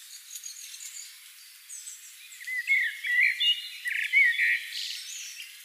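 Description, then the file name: Common blackbird singing fluted notes after a quiet start, ending in a short squeaky twitter. "Turdus merula"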